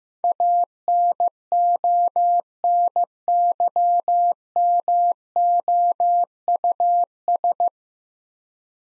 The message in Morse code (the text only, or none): ANONYMOUS